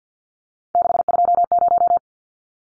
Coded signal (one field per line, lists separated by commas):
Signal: Morse code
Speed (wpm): 50 wpm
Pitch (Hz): 700 Hz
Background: none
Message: 620